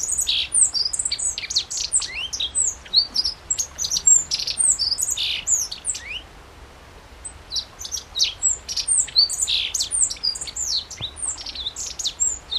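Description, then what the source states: Godlewski's bunting, a busy song of rapid high chirps and swooping whistled slurs, nearly continuous apart from one short lull midway through. Recorded 14 June 2012.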